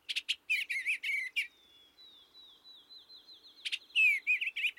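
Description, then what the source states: Eastern Bluebird song: quick warbled bursts of notes, a pause with a thin wavering tone, then warbling again near the end. Male's exclamation rendered as 'Excellent, excellent.'.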